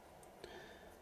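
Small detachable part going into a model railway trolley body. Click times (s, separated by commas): 0.4 s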